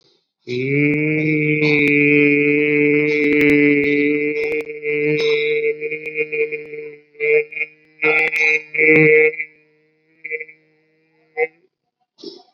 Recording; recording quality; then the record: sustained vowel as in beet; poor, much background noise or distortion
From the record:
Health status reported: COVID-19 positive, moderate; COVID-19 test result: positive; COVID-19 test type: RT-PCR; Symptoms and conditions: cough, sore throat, fatigue, diarrhoea, hypertension, diabetes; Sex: male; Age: 72 years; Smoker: no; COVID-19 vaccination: both doses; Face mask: worn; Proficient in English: no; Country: India